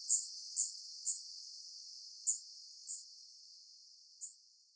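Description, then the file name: Daurian redstart calling with sharp, high-pitched single notes, three close together, then spaced out at irregular intervals against a quiet hiss. Recorded in Hyogo on 8 August 2016. "jobitaki 160808 hyogo"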